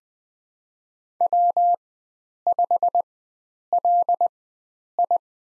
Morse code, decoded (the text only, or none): W5LI